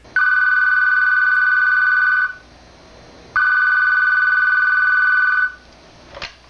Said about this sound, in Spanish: Se encontraba en su laboratorio, esperando a que una brillante idea cruzara por su mente, cuando de repente suena el teléfono.